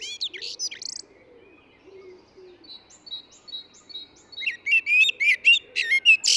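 Eurasian blackbird starting with a brief high phrase, quieting to soft repeated notes, then a strong burst of fluting and twittering, low cooing faintly heard.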